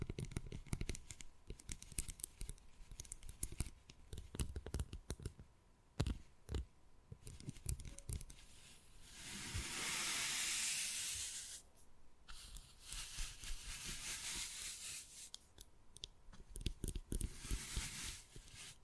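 Wood carving with irregular tapping and scratching: sharp clicks and knocks come in uneven bursts through the first eight seconds. Around ten to twelve seconds a steady, bright hissing scrape swells and fades, then rougher scratching and scattered taps resume.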